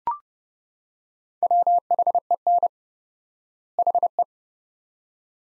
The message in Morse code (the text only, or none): WHEN HE